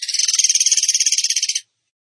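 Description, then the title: Bird song: one burst of rapid, buzzy, high pulses lasting under two seconds, then silence. Training recording (masteran) of a bird singing in the tembakan gacor style. "Masteran Burung Tembakan Gacor"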